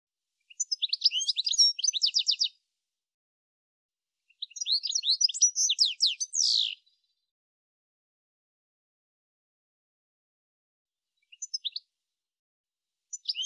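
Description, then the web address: Bird song: two long bursts of rapid, high, descending notes, each about two seconds, then a silence and a few short fragments. "Deverinetal 2025 File cleaned normalized Bird"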